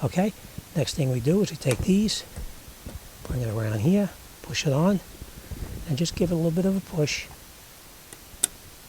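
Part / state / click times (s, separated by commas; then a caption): fuel line connector onto fuel pump module fitting / seated / 8.4 s. Someone talks while a fuel line connector is pushed onto the fuel pump module fitting of a 2008 Hyundai Santa Fe during a fuel tank float replacement. A faint tick comes at 8.1 s, then a sharp, loud snap at 8.4 s as the connector latches and seats, and it is confirmed tight.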